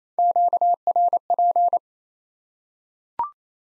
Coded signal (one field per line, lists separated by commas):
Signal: Morse code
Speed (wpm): 28 wpm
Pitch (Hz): 700 Hz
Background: none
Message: QRP